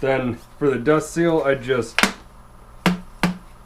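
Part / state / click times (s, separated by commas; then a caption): dust seal into motorcycle fork outer tube / seated / 2.9 s, 3.2 s. Someone talks, then a rubber dust seal is pressed by hand down into the top of a motorcycle fork outer tube. Two sharp thumps are heard at 2.9 s and 3.2 s as the seal is pressed home, and it is seated.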